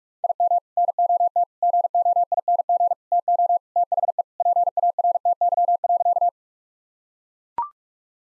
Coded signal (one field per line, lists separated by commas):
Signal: Morse code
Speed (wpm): 43 wpm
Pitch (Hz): 700 Hz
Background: none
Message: IM NOT GOING TO THE PARTY.